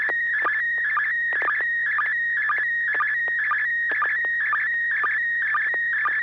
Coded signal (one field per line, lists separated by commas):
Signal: SSTV (slow-scan television)